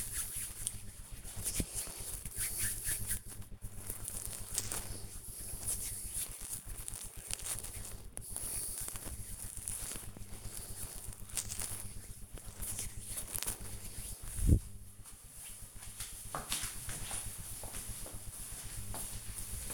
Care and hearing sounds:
household activities, microphone on the right wrist
0.00-12.49 s: cream hands

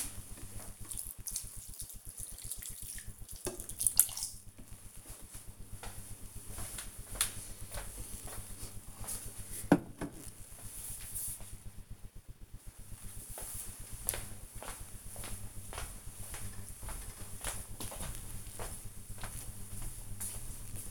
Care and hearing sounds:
household activities, microphone on the right wrist
0.00-6.32 s: watering plant

